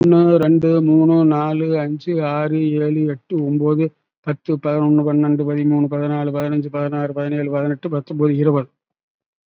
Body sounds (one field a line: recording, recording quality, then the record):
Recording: counting at a fast pace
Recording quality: excellent, no background noise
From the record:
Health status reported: COVID-19 positive, mild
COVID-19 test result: positive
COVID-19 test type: RT-PCR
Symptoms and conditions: hypertension, diabetes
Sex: male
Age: 70 years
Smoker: no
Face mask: worn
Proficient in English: no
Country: India